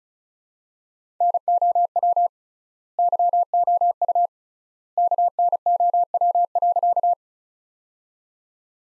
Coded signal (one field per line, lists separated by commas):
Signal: Morse code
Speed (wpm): 36 wpm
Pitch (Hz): 700 Hz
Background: none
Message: NOW YOU KNOW.